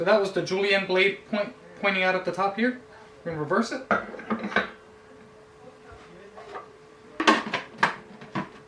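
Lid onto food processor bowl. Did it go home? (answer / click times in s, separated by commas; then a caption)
no / none. Someone talks while reversing the julienne disc of a Homtone CY-361A food processor and handling the plastic lid over the food processor bowl, with short hard plastic clatters around 4.6 s and again between 7.2 and 7.8 s. The lid has not locked yet; nothing has seated or clicked by the end of the clip.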